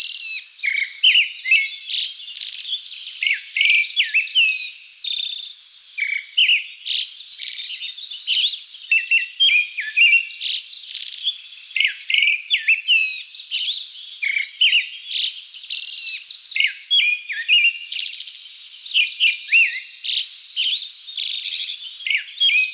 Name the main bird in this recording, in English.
Pale Thrush